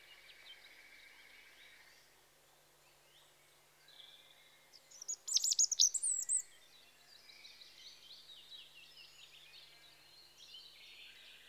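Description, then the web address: European robin song, a short burst of high thin warbling notes midway, with faint high twittering around it and a steady hiss. Spring. "BBC Sound Effects Library Birds Robin (Erithacus Rubecula) Spring"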